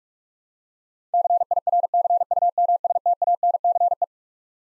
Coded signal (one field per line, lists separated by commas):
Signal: Morse code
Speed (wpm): 46 wpm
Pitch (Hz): 700 Hz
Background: none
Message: CIRCUMSTANCE